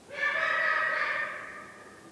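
Eagle-owl call: one rasping, harmonic wail starting abruptly, holding level for about a second before tapering away into quiet.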